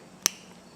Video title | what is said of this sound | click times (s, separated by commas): CRF300L Acerbis 3.6 gallon oversized gas tank install! | Like that. You'll hear it click. | 0.3 s